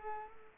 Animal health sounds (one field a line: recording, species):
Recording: mosquito wingbeat signal from an infrared sensor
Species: Culex pipiens